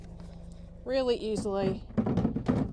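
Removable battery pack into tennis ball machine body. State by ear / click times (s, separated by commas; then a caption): not seated / none. A removable battery pack is handled at its slot on the front of a PONGBOT Pace S Pro tennis ball machine while someone talks. Soft taps come at 0.2 s and 0.5 s, and louder thumps at 2.1 s and 2.5 s. Nothing has seated or clicked yet.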